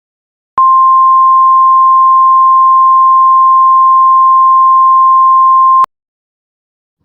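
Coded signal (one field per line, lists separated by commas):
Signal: Emergency Alert System (SAME) tones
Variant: 1050 Hz attention tone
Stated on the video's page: Fictional EAS scenario using valid EAS tones.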